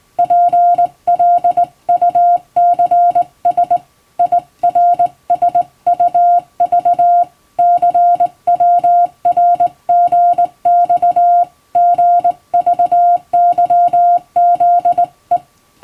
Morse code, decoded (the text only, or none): PLUCS IRSUV CWRGX GVYZE